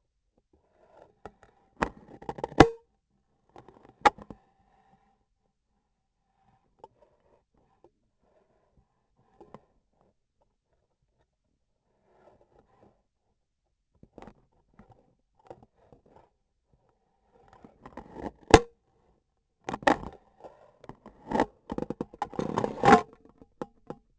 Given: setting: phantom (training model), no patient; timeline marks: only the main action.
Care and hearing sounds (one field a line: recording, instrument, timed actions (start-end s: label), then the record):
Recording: laparoscopic instrument, vibration sensor on the handle end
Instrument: scissors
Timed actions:
2.18-2.93 s: cutting foam
17.76-18.84 s: cutting foam
22.09-23.50 s: cutting foam
From the record:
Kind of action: gesture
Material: foam